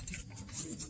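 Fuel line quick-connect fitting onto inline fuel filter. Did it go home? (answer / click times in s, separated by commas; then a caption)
no / none. A fuel line quick-connect fitting is handled against a new inline fuel filter on a Chevrolet (Blazer, S10, Silverado, Impala and most other Chevy models) while its squares are lined up with the filter's notches. Soft scraping and rustling handling noises fill the clip, with a brief sharp tap at about 0.1 s. Nothing has seated or clicked yet; the fitting is not yet home.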